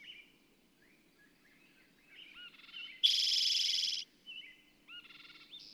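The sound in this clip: Bird song: soft whistled and chirping notes, then one loud, harsh, buzzy trill of about a second, followed by more short chirps and a quieter buzz.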